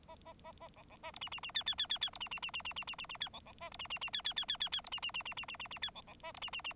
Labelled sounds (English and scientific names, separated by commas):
Bengalese Finch (Lonchura striata domestica) song